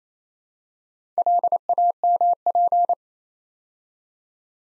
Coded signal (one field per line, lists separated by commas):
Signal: Morse code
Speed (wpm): 28 wpm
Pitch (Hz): 700 Hz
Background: none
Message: LAMP